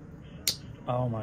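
The blade of a restored Queen Barlow pocket knife with bone handles is worked and snaps into position against the backspring in the handle with a sharp, strong click at 0.5 s. Afterward someone talks. The blade is seated.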